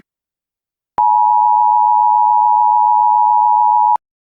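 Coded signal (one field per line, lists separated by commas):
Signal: Emergency Alert System (SAME) tones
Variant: 853 and 960 Hz attention tone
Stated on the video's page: Fictional EAS scenario, analog horror.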